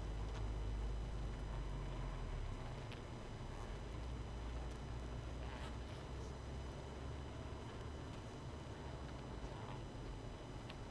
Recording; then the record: honeybee colony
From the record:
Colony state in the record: missing queen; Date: 31 May 2018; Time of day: 22:14